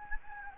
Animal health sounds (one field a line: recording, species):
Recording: mosquito wingbeat signal from an infrared sensor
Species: Anopheles gambiae